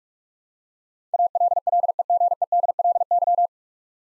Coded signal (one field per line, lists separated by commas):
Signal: Morse code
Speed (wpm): 44 wpm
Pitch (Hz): 700 Hz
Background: none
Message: ALLEGEDLY